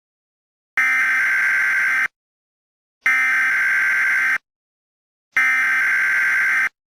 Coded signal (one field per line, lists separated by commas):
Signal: Emergency Alert System (SAME) tones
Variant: header bursts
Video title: EAS Scenario #6 Donater [Season 2]